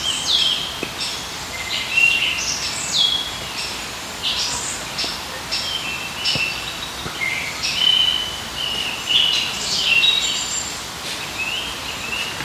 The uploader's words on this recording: We took a walk in our favorite park. Surrounded by trees, sitting down in the shade and simply letting time pass by. IN THE PARK.